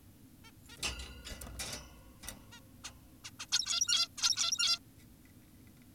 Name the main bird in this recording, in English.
Zebra Finch